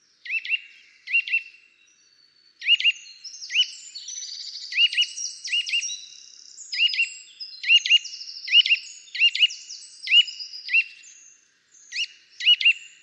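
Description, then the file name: Eurasian nuthatch repeating bright, upturned whistled notes, mostly in pairs, overlapped at times by higher, jumbled twittering. "Sitta europaea"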